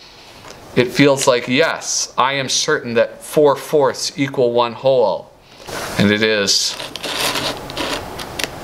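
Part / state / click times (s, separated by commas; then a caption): plastic fraction piece into printed tray / seated / 7.7 s, 8.4 s. 3D-printed plastic fraction circle pieces are pressed into their printed tray while someone talks. Sharp clicks are heard at 7.7 and 8.4 seconds as the pieces seat and fit into place.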